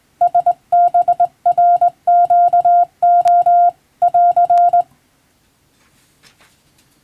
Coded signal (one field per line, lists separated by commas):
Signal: Morse code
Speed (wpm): 21 wpm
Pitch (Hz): 700 Hz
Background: none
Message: SBRQO <AR>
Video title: 【無線通信士国家試験の電気通信術って何？】今では懐かしいモールス無線通信、昭和はラジオからよく聞こえました。船と陸との唯一の通信手段、大変重要な無線通信でした。 morse code practice